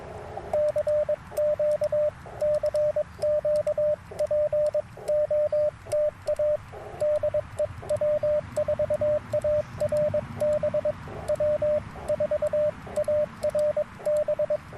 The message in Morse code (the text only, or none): CQ CQ POTA DE W4ARB W4ARB